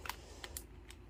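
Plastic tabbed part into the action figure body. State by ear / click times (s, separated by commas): not seated / none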